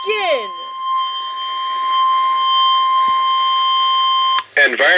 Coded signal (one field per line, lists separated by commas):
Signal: Emergency Alert System (SAME) tones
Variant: 1050 Hz attention tone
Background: speech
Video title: EAS #111 - 114 Triple Header Severe Thunderstorm Warning